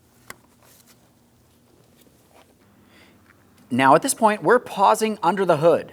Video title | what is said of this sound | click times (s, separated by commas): How to Replace Brake Master Cylinder 2004-2008 Pontiac Grand Prix | We're going to line it up, and we'll press it in and listen for our click. | 0.3 s